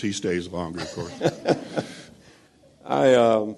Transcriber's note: laughter